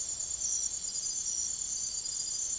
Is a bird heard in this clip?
no